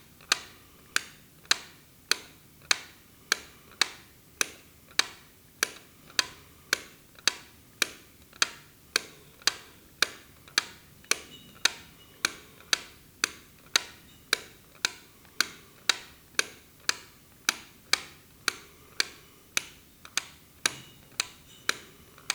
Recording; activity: daily activity, guitar pickup as the sensor; operate light